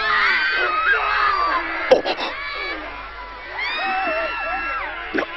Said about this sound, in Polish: Co to było? Słyszymy przerażające krzyki.